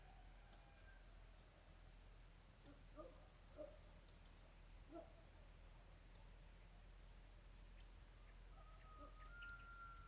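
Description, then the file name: European robin giving sharp, high ticking calls, single or in quick pairs, spaced about one to two seconds apart over a faint low background hum. "Erithacus rubecula"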